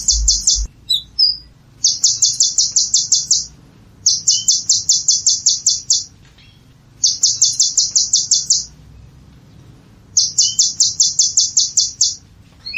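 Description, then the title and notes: Brown-throated sunbird singing high, thin rapid trills in bursts of about one and a half seconds, repeated every two to three seconds with short squeaky notes between. Singing vigorously (gacor). "Kolibri Gacor. Kolibri Kelapa"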